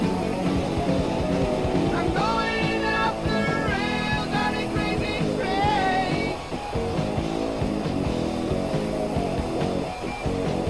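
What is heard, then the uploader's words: Inside an F-14 Tomcat cockpit, a dense, steady low roar holds at a constant loudness throughout. Whining tones glide up and down over it, busiest between about two and six seconds, and the sound eases briefly near six and a half seconds. Flying an F-14 Tomcat with Maverick and Iceman || Top Gun Ambience. Cockpit of an F-14 Tomcat cruising the blue skies.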